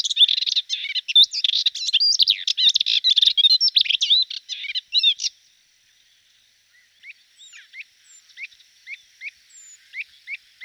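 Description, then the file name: Hippolais warbler pouring out a fast, jumbled, chattering warble, then falling silent before quieter sharp chirps and thin whistled slurs return. "hypolais portrait mono"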